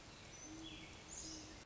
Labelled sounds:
Great Horned Owl (Bubo virginianus)
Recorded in Sonoma County, California

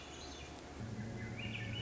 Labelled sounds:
Swainson's Thrush (Catharus ustulatus)
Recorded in Sonoma County, California

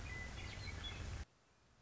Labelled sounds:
Western Meadowlark (Sturnella neglecta)
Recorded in Sonoma County, California

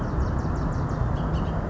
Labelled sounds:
Bullock's Oriole (Icterus bullockii)
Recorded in Sonoma County, California

